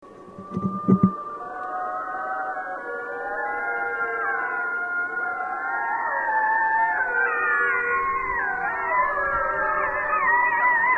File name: Wolf Howls